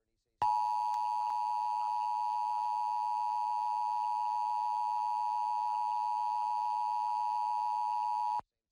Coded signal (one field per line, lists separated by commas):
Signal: Emergency Alert System (SAME) tones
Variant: 853 and 960 Hz attention tone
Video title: KRON Emergency Alert System - San Francisco Required Monthly Test (June 14, 2016)